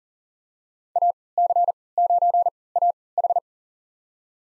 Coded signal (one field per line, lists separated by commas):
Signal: Morse code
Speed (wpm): 40 wpm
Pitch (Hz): 700 Hz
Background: none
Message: AC9AH